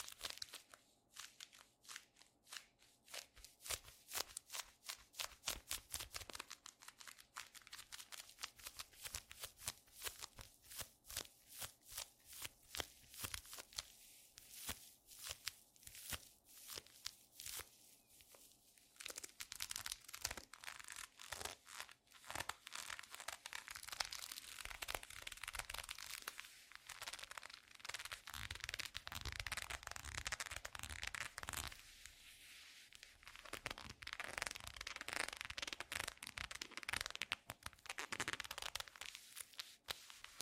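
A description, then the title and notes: A leather glove is flexed and squeezed, giving a rapid run of creaks, crinkles and crackly squeaks. Sparse, uneven bursts in the first half grow denser and brighter after about twenty seconds, with brief pauses. TimASMR-ASMR Squeaky Leather Glove Sounds (NO TALKING).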